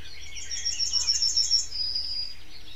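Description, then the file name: Yellowhammer singing a quick chain of sharp, high repeated notes that ends in a sustained, slightly lower note, over a soft low background hum. "Goldammer. Stefan Wehr"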